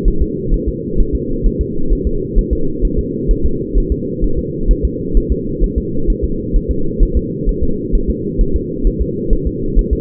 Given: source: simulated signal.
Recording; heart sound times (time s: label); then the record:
fetal heart sounds
0.08 s: S1
0.22 s: S2
0.54 s: S1
0.68 s: S2
1.00 s: S1
1.15 s: S2
1.47 s: S1
1.61 s: S2
1.93 s: S1
2.07 s: S2
2.39 s: S1
2.53 s: S2
2.85 s: S1
2.99 s: S2
3.31 s: S1
3.45 s: S2
3.78 s: S1
3.92 s: S2
4.24 s: S1
4.39 s: S2
4.71 s: S1
4.85 s: S2
5.17 s: S1
5.32 s: S2
5.64 s: S1
5.78 s: S2
6.10 s: S1
6.24 s: S2
6.56 s: S1
6.71 s: S2
7.03 s: S1
7.17 s: S2
7.49 s: S1
7.63 s: S2
7.95 s: S1
8.10 s: S2
8.41 s: S1
8.56 s: S2
8.87 s: S1
9.02 s: S2
9.33 s: S1
9.47 s: S2
9.79 s: S1
9.93 s: S2
From the record:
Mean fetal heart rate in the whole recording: 130 bpm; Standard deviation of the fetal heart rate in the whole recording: 2 bpm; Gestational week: 38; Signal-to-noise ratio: -8.1 dB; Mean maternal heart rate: 72 bpm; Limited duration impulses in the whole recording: absent